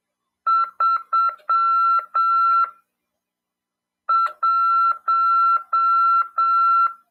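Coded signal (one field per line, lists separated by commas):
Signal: Morse code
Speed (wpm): 7 wpm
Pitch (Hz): 1350 Hz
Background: none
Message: 31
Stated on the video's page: Ham radio class lesson on CW, broadcast over FM 146.410 MHz.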